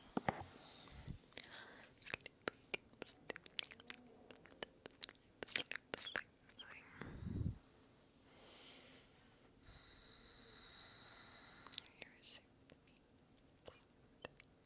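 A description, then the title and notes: Wet mouth sounds and sharp tongue clicks come in quick irregular bursts, with soft breathy whispers and a brief hiss near the end. 3Dio Ear to Ear.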